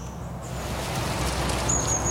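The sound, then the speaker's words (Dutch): A blue tit gives thin, high-pitched calls, one at the start and another near the end, each a short sustained whistle over a steady, rushing background hiss. “Dat doet ze pimpelmeesje.”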